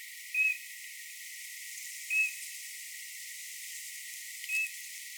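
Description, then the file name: Eurasian bullfinch calling with three brief, gentle piping whistles spread over several seconds, with faint hiss behind. "Pyrrhula pyrrhula"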